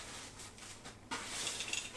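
The five-point harness tongues of a My Babiie MBX4 Ultra Light stroller are pushed into its plastic buckle: quiet fabric handling gives way at about 1.1 s to louder, brighter rustling of the straps. A short, sharp click at 1.7 s marks the buckle clicking shut and the tongues seating.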